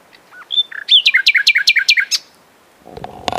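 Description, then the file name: Common nightingale phrase of a whistle and a fast series of repeated, bouncing notes, followed by a brief rustling noise. "Luscinia megarhynchos"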